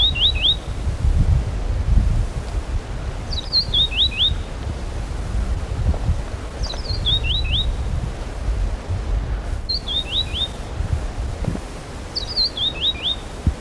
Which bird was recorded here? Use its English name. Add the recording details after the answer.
Streaked Scrub Warbler. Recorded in the wild. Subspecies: inquieta. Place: IL. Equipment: Halbspur, 9,5 cm/s. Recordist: Lütgens, Hans. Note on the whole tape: Rufe